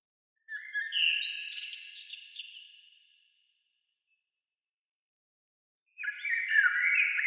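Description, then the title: Bird singing a rich twittering phrase of roughly two and a half seconds that trails off, then a long pause before another phrase begins. "Oiseaux"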